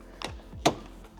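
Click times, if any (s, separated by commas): 0.2 s, 0.7 s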